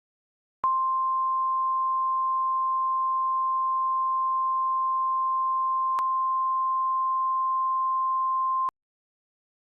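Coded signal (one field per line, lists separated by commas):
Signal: Emergency Alert System (SAME) tones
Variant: 1050 Hz attention tone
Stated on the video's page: Fictional EAS scenario.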